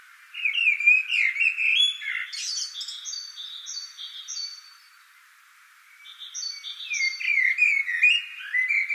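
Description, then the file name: Common blackbird singing mellow warbled phrases ending in thin squeaks, a second run of phrases after a pause, with a steady chain of high repeated notes from another bird. "Turdus merula"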